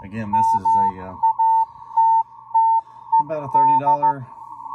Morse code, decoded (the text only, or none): MATTED